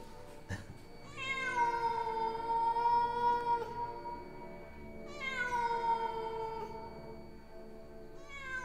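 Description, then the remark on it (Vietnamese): Late at night, a cat lets out long, drawn-out yowls, rising and sagging in pitch, with a low growl rumbling between them; two sustained wails separated by a brief pause, a third beginning at the end. “Con mèo gầm gừ một hồi, thỉnh thoảng lại kêu lên những tiếng nghe đến rùng rợn.”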